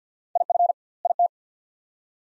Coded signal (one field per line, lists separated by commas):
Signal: Morse code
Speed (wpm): 50 wpm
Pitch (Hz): 700 Hz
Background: none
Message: IF IT